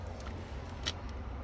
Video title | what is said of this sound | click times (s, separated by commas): 2021 TOYOTA YARIS GX | That just clicks back into place. | 0.9 s